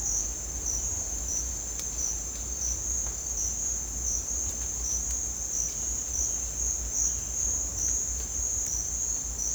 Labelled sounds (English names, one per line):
none